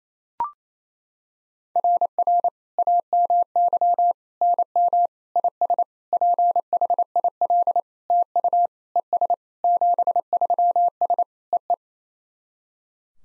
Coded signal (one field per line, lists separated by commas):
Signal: Morse code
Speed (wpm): 28 wpm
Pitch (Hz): 700 Hz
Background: none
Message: RR AMY NM IS PHIL TU ES 73S EE